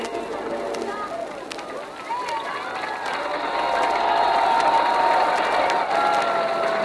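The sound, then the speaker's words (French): Several thousand people cheer in the street below the radio building at 118 Champs-Élysées as they wait for the latest news: a dense continuous roar of many voices with whistle-like tones and scattered claps, swelling louder about halfway through and staying loud. “et en bas du bâtiment de la radio du 118 Champs-Élysées, ce sont plusieurs milliers de personnes qui sont groupées pour attendre les dernières nouvelles.”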